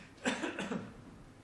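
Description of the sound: An adult man gives two or three quick, harsh coughs in close succession, each a sharp noisy burst, in a quiet room. It is a brief coughing fit breaking into his speech during a church sermon.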